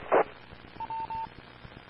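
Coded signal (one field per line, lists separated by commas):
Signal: none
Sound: a repeater's courtesy beeps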